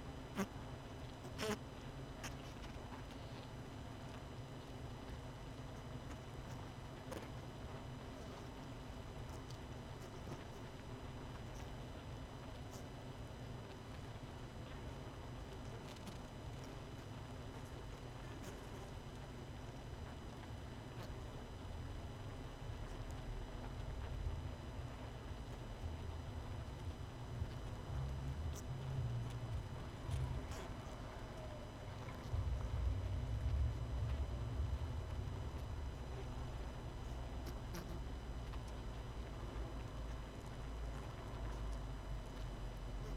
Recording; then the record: honeybee colony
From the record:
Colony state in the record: missing queen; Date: 31 May 2018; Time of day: 19:36